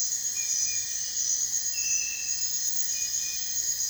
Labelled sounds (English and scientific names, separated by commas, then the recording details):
none
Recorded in dense forest near Puerto Asís, Putumayo, Colombia, on 29 June 2025 at 03:00
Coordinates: 0.468, -76.322
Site GP03